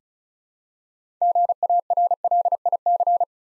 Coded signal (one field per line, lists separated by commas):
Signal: Morse code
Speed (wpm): 36 wpm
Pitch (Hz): 700 Hz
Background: none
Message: GARLIC